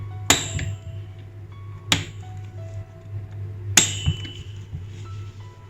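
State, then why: Seated. The plastic push pins of a CPU cooler's fan are pressed down into the motherboard mounting holes, and each one snaps in with a loud, sharp click at 0.3, 1.9 and 3.8 seconds. A steady low hum runs underneath, and the pins are seated.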